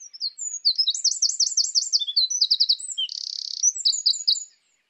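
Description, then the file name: Eurasian wren song: a loud, fast cascade of high trills and warbled notes, with a buzzy rattle near the end. "Troglodytes troglodytes"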